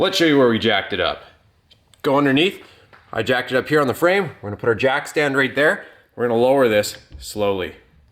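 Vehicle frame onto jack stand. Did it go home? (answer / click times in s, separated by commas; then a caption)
no / none. A jack stand is positioned under the frame of a 2003 Chevy S10 truck, jacked up on the frame for a strut shock replacement, and the jack is lowered slowly so the frame comes to rest on the metal jack stand. Someone talks throughout in bursts separated by short pauses, with no distinct impact sounds. The clip ends just before the frame settles, so nothing has seated or clicked into place yet.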